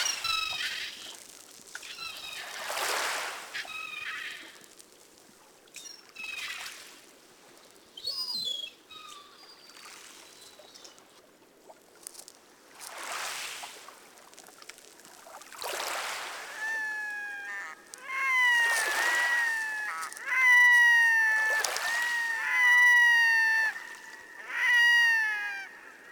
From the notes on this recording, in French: A base de field-recording, les espèces animales protégées du domaine de Rovorée s'y retrouvent représentées durant les différentes saisons.